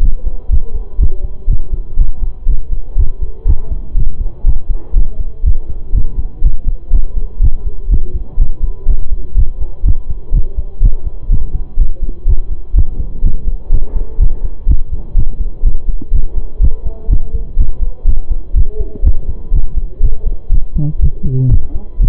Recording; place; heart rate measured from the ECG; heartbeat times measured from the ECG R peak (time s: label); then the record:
heart sounds by stethoscope; between the tricuspid and mitral areas; 123 bpm
0.01 s: heartbeat
0.50 s: heartbeat
0.99 s: heartbeat
1.48 s: heartbeat
1.97 s: heartbeat
2.47 s: heartbeat
2.96 s: heartbeat
3.46 s: heartbeat
3.95 s: heartbeat
4.45 s: heartbeat
4.94 s: heartbeat
5.44 s: heartbeat
5.93 s: heartbeat
6.42 s: heartbeat
6.91 s: heartbeat
7.40 s: heartbeat
7.89 s: heartbeat
8.38 s: heartbeat
8.87 s: heartbeat
9.35 s: heartbeat
9.84 s: heartbeat
10.33 s: heartbeat
10.81 s: heartbeat
11.30 s: heartbeat
11.78 s: heartbeat
12.26 s: heartbeat
12.74 s: heartbeat
13.22 s: heartbeat
13.70 s: heartbeat
14.19 s: heartbeat
14.67 s: heartbeat
15.15 s: heartbeat
15.63 s: heartbeat
16.12 s: heartbeat
16.60 s: heartbeat
17.09 s: heartbeat
17.57 s: heartbeat
18.06 s: heartbeat
18.54 s: heartbeat
19.03 s: heartbeat
19.52 s: heartbeat
20.01 s: heartbeat
20.50 s: heartbeat
21.00 s: heartbeat
21.50 s: heartbeat
22.00 s: heartbeat
From the record:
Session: pedaling a stationary bicycle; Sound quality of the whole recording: saturated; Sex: male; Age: 25 years